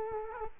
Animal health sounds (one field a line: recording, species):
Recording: mosquito wingbeat signal from an infrared sensor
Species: Culex quinquefasciatus